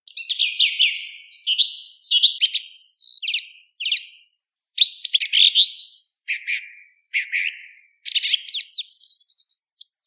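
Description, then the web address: Song thrush singing: loud varied phrases of bright whistles and sharp downslurred notes, separated by short pauses, with some rapid chattering elements. Recorded in 2023. "tordo bottaccio 2023"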